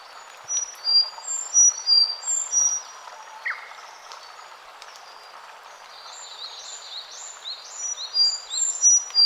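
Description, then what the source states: Sakhalin leaf warbler song: thin, very high whistled notes in short quick phrases, a burst early and another near the end, with a brief lower note between them. Recorded on 31 May 2009 at 09:38.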